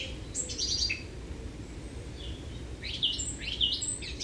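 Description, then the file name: Eurasian blackcap song, softer, in two short warbled phrases of quick high notes split by a quiet gap, with steady background noise throughout. "Sylvia atricapilla"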